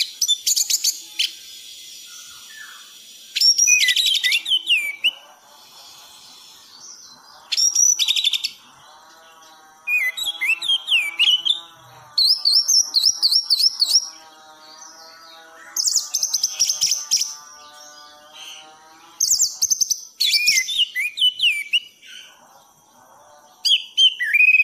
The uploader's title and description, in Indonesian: anis gacor teler. Suara burung